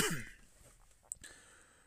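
A single cough from an adult who smokes marijuana.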